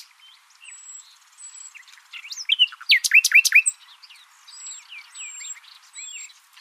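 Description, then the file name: Common nightingale song: quiet scratchy notes build into a loud burst of rapid clicks and swooping chirps, then soften again. "Luscinia megarhynchos"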